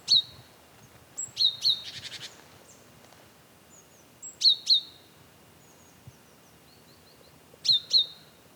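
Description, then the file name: Great tit calling in bright doubled high notes, three pairs spaced a few seconds apart, with a brief buzzy churring burst after the first pair. "Parus major"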